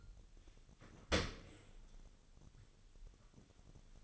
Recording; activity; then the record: daily activity, microphone in the room; open dishwasher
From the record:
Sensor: 4